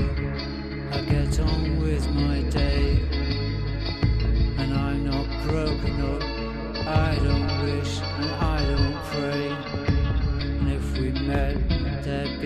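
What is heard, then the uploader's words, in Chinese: A summer night stroll passes through loud, continuous music with a heavy, steady bass line and a dense layer of melody above it. Regular beats keep time throughout, and the sound dips briefly around four seconds before carrying on at the same level. 夏夜遛弯儿半小时。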